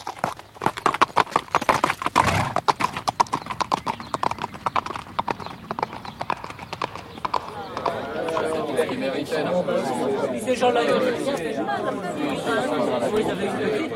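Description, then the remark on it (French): Rapid, steady clip-clopping of horse hooves, loud and rhythmic at first, then giving way to a dense murmur of crowd chatter with hooves faintly continuing underneath. “En ce cas, faites seller votre cheval, baron, et en route !”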